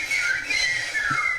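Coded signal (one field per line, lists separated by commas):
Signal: whistled language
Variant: Occitan of Aas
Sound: short burst of gliding whistled pitches over background hiss and low hum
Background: low hum, room noise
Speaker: lorsqu'on pratique une langue sifflée, on essaie tout simplement de parler en sifflant. Alors par exemple, si on veut siffler l'occitant, le français ou l'anglais sweite, ben ça va donner quelque chose qui ressemble à à la version orale.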